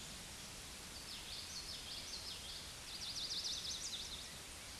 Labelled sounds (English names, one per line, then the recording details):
Common Yellowthroat song
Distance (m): 60 m
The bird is about 10 m above the microphone
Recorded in a Pennsylvania forest on 16 May 2024 at 08:35
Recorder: AudioMoth, point MSD-1307
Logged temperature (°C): 16.6 °C
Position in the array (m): 240 m, 177 m